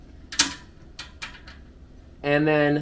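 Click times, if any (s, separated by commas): 0.4 s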